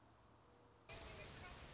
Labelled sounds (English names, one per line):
Mourning Dove